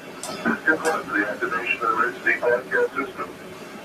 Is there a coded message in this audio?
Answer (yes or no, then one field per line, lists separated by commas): no